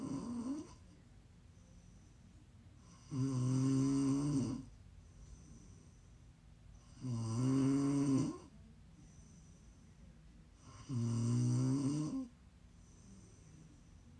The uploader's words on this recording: ASMR Snoring.